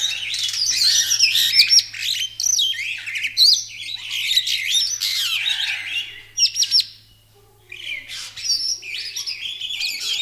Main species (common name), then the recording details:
Superb Starling. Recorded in captivity. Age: adult. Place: Zoo Berlin, Berlin, DE. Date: 2001-03-20 12:17. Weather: overcast, 0°C. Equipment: Nagra SN, Kopie Uher 4000 Report Monitor. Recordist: Tembrock, Günter. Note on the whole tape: Zwei Exemplare: Gesang, Entfernung 1 m